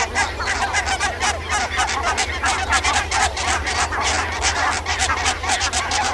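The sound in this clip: Barnacle goose: barnacle geese chattering together, rapid overlapping yaps and honks forming a continuous noisy chorus.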